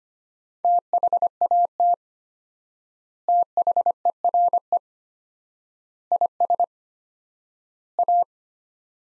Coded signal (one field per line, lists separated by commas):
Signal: Morse code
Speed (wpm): 25 wpm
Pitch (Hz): 700 Hz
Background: none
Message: THAT THERE IS A